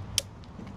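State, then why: Seated. A Supercharger cable connector is pushed into a LENZ NACS-to-CCS adapter for charging a non-Tesla EV, giving one sharp, bright click at 0.2 s over a low background hum, followed by a faint tick around 0.4 s. The connector is seated in the adapter.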